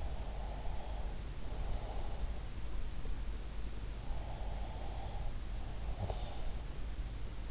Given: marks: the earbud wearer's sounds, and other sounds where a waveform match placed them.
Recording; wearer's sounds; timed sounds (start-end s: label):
sounds in sleep by an in-ear microphone; breath
0.00-2.80 s: breath
3.76-6.72 s: breath